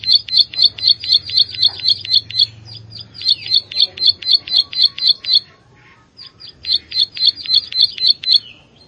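Plain Prinia song: rapid bright ticking notes, about four per second, in long runs broken by a short pause, with soft buzzy sounds in between.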